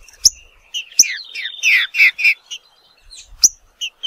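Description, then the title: Green-winged saltator song: short whistled phrases and rich slurred notes separated by sharp clicks and silent pauses. Trinca-ferro of the Nicão song style, recorded in the wild in the bush, singing in a contest with a free-living bird. "Trinca Ferro NICÃ O No Mato Disputando Com Solto"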